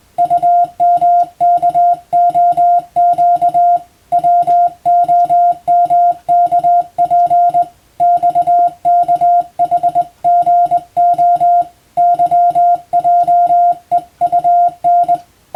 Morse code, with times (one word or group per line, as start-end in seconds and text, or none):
0.2-3.8 UMKOQ
4.1-7.6 WOMKP
8.0-11.6 XKHGO
12.0-15.2 YJEUN